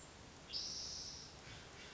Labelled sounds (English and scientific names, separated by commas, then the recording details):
Spotted Towhee (Pipilo maculatus)
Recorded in Sonoma County, California